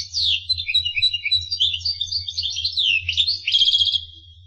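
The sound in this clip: Finch song, a fast run of high chirps and trills with a rapid repeated phrase near the end, over a steady low hum.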